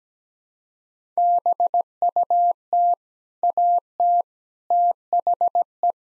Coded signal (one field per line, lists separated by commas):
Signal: Morse code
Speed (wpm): 17 wpm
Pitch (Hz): 700 Hz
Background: none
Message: BUT AT THE